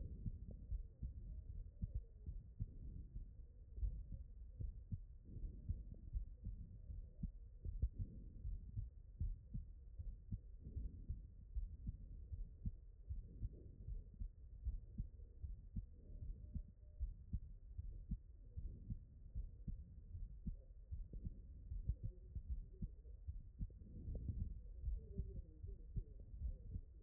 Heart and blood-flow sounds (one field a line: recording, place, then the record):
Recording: heart sounds by stethoscope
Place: aortic valve (AV)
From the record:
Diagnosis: HFrEF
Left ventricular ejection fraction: 40%